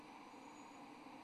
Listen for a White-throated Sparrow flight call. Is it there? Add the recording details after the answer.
no. No flight call is heard. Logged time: 02:29 on 25 November 2014